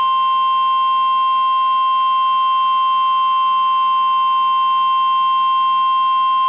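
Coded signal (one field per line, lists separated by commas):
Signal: Emergency Alert System (SAME) tones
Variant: 1050 Hz attention tone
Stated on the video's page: Real EAS alerts personally captured during the December tornado outbreak affecting the New Orleans metro.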